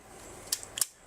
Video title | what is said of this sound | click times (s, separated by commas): MAGNETIC FILTERS? Breakthrough Photography X100 Filter System-REVIEW | this is what actually snaps right into the holder like | 0.5 s, 0.8 s